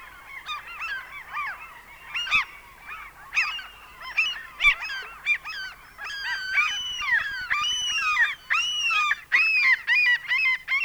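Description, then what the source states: Common Gulls calling, many overlapping squealing cries with sharp yelps standing out. Sweden.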